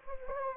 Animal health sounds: mosquito wingbeat signal from an infrared sensor; Anopheles gambiae

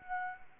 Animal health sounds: mosquito wingbeat signal from an infrared sensor; Anopheles gambiae

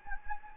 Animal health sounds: mosquito wingbeat signal from an infrared sensor; Anopheles gambiae

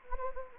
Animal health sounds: mosquito wingbeat signal from an infrared sensor; Anopheles gambiae

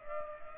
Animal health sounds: mosquito wingbeat signal from an infrared sensor; Culex pipiens

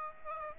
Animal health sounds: mosquito wingbeat signal from an infrared sensor; Aedes aegypti

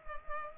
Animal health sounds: mosquito wingbeat signal from an infrared sensor; Culex pipiens

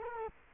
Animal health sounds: mosquito wingbeat signal from an infrared sensor; Culex quinquefasciatus

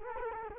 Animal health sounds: mosquito wingbeat signal from an infrared sensor; Culex quinquefasciatus

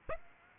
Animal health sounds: mosquito wingbeat signal from an infrared sensor; Aedes aegypti

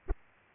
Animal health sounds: mosquito wingbeat signal from an infrared sensor; Aedes aegypti

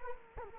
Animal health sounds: mosquito wingbeat signal from an infrared sensor; Culex quinquefasciatus

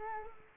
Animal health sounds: mosquito wingbeat signal from an infrared sensor; Culex quinquefasciatus

